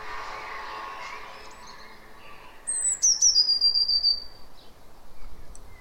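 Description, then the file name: Eurasian blue tit calling: a high thin note followed by a fast buzzy trill held level for about a second, over soft background noise. "Cyanistes caeruleus"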